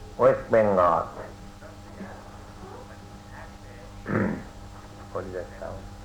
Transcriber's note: noise of someone speaking in background